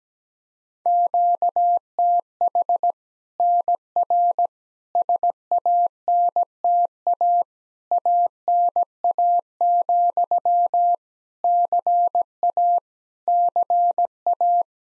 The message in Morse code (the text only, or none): QTH NR SANTA ANA, CA CA